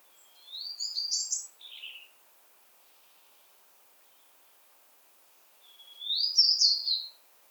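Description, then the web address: European robin delivering two high, tinkling song phrases, the first a quick rising, twisting whistle followed by a short lower note, separated by a few seconds of quiet. "SETE data Erithacus rubecula"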